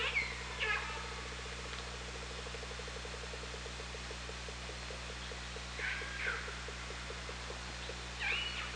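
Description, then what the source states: Killer whale pulsed calls under water: a train of rapid pulses slowing over several seconds, with brief higher tonal sweeps near the start, around six seconds and at the end, over steady hum. Hydrophone at OrcaLab, 24 August 2017, 18:38.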